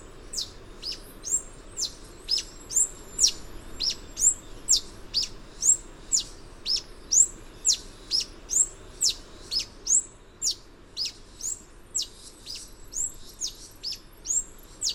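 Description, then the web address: Yellow-throated bush tanager song: a long, dense run of many high, sharp downslurred notes, roughly two per second. Recorded in Ecuador. "S America Birds of Ecuador. Yellow-throated Bush-Tanager"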